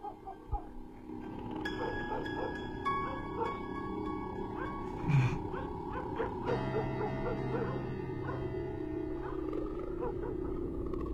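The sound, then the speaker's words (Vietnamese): A dog barks repeatedly toward the gate at night in short bursts over a steady low background hum, the barks moderately loud and uneven in rhythm, with occasional whining tones between them. “Còn chó ho vẫn cứ chĩa ra ngoài cổng mà sủa suốt cả một đêm hôm ấy.”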